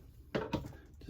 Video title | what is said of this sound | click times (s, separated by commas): Our RV Murphy Bed Was Making Irritating Creaking Noises - Here's How I Made it Stop | put it against that ball joint and push in and it locks in place. | 0.4 s